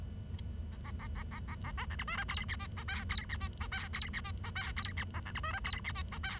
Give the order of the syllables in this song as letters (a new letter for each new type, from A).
A A A A A A A A B C D E F G H I J F G H I J F G H I J F G A B C D E F G H I J